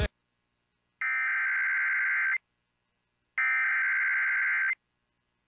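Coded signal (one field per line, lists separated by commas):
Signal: Emergency Alert System (SAME) tones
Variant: header bursts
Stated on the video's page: NOAA Weather Radio alerts from Sioux Falls during a derecho.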